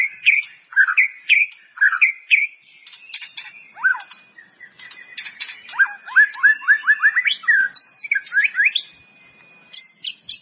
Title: murai batu